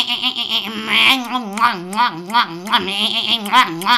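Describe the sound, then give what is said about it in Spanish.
A voice imitates a goat bleating, with a series of quavering, wavering cries in a steady, fairly loud run, each wobbling up and down in pitch. “Y con la hojica se fue a la cabra.”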